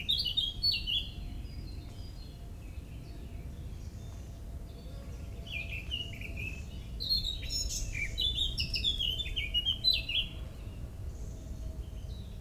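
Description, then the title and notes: Birds chirping in short bursts of high twittering notes, separated by quieter gaps, over constant low rumble and a faint steady hum. Early morning, 27 May 2018, Parc des Beaumonts, Montreuil, France; urban park in dense city area near Paris; recorded with MCE530 microphones, Dual Pre USB and H2. "Oiseaux des Beaumonts le 27 mai 2018. Parc des Beaumonts, 16 Avenue Jean Moulin, 93100 Montreuil, France. Tôt le matin dans le parc des Beaumonts à Montreuil (93), prise de son d'oiseaux"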